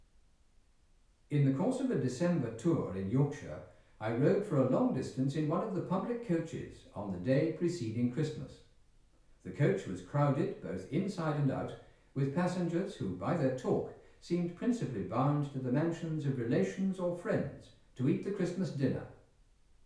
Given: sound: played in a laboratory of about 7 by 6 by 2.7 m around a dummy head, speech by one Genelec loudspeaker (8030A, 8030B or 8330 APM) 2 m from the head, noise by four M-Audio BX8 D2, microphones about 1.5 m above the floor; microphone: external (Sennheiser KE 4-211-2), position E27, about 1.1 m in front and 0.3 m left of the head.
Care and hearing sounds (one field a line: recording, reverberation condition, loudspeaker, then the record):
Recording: male speech in English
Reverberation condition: medium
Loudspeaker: behind (180 degrees)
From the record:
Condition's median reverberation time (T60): about 510 ms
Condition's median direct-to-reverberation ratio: about -0.5 dB